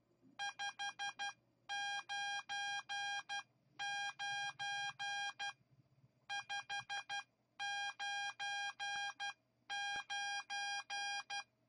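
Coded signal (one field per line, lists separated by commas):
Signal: Morse code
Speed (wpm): 12 wpm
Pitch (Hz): 810 Hz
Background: none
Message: 599 599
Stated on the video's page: Morse sent from an Arduino project that uses a rotary encoder input interface with a send menu.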